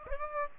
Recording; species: mosquito wingbeat signal from an infrared sensor; Aedes aegypti